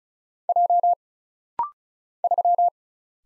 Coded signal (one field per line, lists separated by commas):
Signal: Morse code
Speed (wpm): 36 wpm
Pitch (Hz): 700 Hz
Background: none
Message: J 3